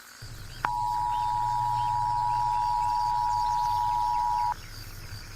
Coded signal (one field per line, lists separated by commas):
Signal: Emergency Alert System (SAME) tones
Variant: 853 and 960 Hz attention tone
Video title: Wario Dies By a EAS Alert While Watching Tom and Jerry and Eating Cheetos Puffs.mp3